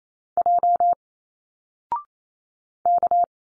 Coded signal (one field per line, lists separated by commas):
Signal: Morse code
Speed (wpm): 27 wpm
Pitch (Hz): 700 Hz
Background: none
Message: J K